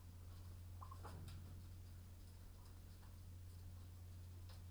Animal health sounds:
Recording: poultry house recording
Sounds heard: sick chickens (respiratory disease)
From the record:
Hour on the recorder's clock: 21

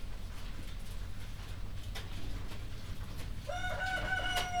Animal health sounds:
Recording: poultry house recording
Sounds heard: healthy chickens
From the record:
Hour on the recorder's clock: 1

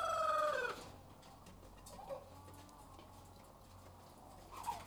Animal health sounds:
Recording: poultry house recording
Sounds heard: sick chickens (respiratory disease)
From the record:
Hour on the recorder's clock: 13

